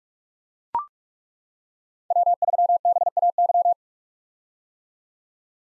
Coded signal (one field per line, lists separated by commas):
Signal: Morse code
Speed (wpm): 42 wpm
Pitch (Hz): 700 Hz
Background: none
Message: W3BAY